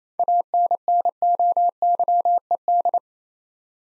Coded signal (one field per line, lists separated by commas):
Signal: Morse code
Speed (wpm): 29 wpm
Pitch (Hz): 700 Hz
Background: none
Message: ANNOYED